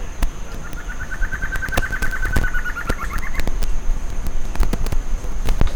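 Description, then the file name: Bird giving a rapid pulsed trill, buzzy and even, held for about three seconds, with scattered sharp clicks and low rumbling noise throughout. "SABIOD 50 bird 2015"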